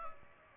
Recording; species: mosquito wingbeat signal from an infrared sensor; Aedes aegypti